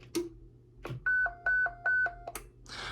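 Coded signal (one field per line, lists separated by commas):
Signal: roger beep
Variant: Stryker roger beep 5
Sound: key-up click, then three high-low alternating tone pairs, then release click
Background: radio static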